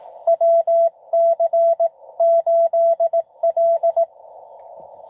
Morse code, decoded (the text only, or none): WC8L